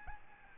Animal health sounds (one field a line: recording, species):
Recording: mosquito wingbeat signal from an infrared sensor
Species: Aedes albopictus